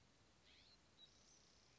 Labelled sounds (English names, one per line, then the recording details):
California Scrub-Jay
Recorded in Sonoma County, California